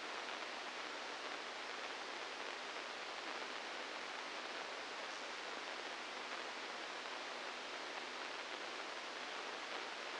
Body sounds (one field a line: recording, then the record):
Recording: brain microelectrode recording played as sound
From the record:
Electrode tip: inside the subthalamic nucleus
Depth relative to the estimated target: -2 mm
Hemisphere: left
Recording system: NeuroSet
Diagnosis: Parkinson's disease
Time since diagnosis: 15 years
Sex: female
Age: 59 years